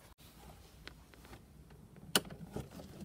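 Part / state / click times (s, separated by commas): dashboard trim panel clip in the dash frame / released / 2.2 s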